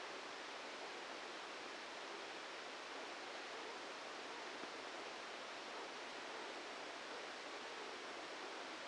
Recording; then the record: brain microelectrode recording played as sound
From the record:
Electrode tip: inside the subthalamic nucleus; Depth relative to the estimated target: -1 mm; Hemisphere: left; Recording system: NeuroSet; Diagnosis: Parkinson's disease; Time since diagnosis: 14 years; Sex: male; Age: 51 years